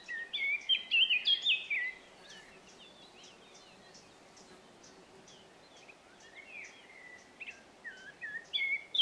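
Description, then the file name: Eurasian blackcap song: a loud, fast, fluty warble lasting two seconds, soft chattering, then more whistled notes at the end, with light ticking behind. "Sylvia atricapilla"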